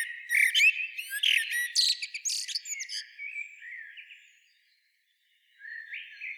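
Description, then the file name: Common blackbird: one phrase of mellow whistles turning into scratchy high twitters, then about a second of silence, and then a soft new phrase begins. "Turdus merula"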